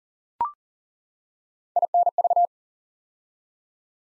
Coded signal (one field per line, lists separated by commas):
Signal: Morse code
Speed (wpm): 38 wpm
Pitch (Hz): 700 Hz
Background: none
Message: INV